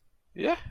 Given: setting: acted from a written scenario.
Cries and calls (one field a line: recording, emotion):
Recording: vocal sound without words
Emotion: elation